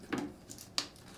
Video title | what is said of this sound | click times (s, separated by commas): Бачки ЛОМО для проявки кинопленок 35 мм и 16 мм LOMO film processing tanks | so that the film snaps into place there and now, as at an | 0.8 s